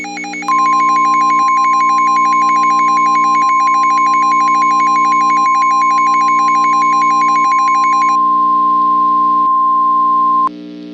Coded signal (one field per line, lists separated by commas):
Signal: Emergency Alert System (SAME) tones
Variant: 1050 Hz attention tone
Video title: EAS Scenario: Florida Tornado Nightmare | Part 1